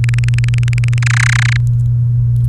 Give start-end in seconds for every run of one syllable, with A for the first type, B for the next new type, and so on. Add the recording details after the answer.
0.04-0.98 A, 1.02-1.57 B. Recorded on 28 April 2018 at 13:45. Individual llb3